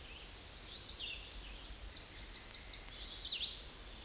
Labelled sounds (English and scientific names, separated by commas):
Chestnut-sided Warbler (Setophaga pensylvanica) song